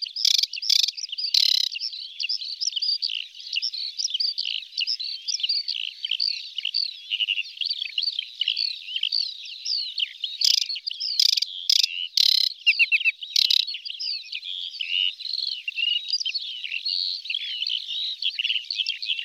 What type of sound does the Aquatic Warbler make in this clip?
song